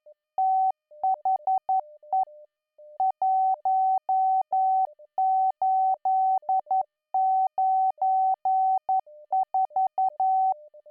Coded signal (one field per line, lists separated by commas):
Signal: Morse code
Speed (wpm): 11 wpm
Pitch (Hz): 760 Hz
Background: music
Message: THE 1894